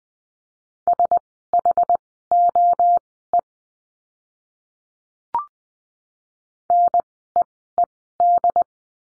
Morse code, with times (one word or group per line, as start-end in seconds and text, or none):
0.9-3.4 SHOE
6.7-8.6 NEED